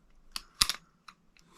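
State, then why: Not seated. Someone flips the wire bail arm on a cheap fishing spinning reel, producing a few short, sharp metallic ticks, the loudest at about 0.6 seconds, with fainter ones near 0.4, 0.7 and 1.1 seconds. The bail arm does not snap over into place, and nothing has clicked over yet.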